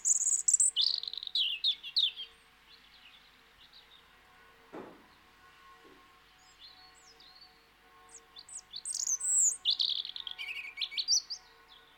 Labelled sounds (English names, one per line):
European Robin song